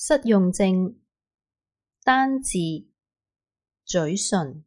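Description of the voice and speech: Three brief, effortful word attempts separated by long pauses, with slow, segmented syllables, consistent with apraxia of speech (AOS) in an adult speaker.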